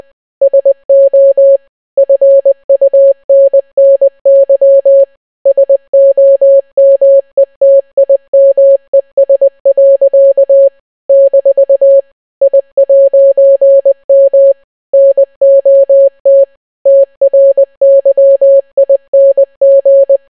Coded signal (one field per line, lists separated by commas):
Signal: Morse code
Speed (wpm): 20 wpm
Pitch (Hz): 550 Hz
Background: none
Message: SO FUNNY SOMETIMES. - I'M NOT TRYING